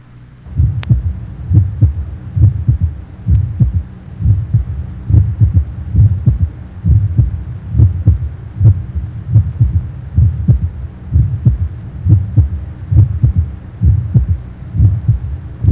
Age 20 innocent systolic murmur and third heart sound, mitral area.